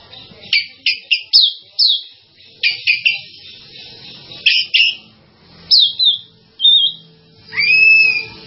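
Bird chirps: short sharp high notes in quick bursts with gaps, ending in a longer whistled note.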